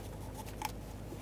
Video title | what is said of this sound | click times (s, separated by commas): How to Replace Engine Knock Sensors 2003-2021 Chevrolet Express Van 3500 | Just drop it down till it clicks | 0.6 s